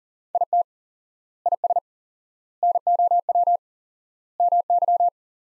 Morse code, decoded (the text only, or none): IT IS NOW MY